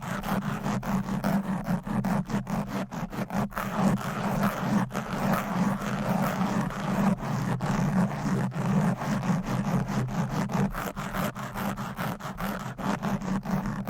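Long nails scratch fast and hard across a microphone for the whole stretch, a dense, rasping texture packed with quick clicks and sharp dry snaps. A steady low rumble runs underneath, and the level stays loud and busy without any pause.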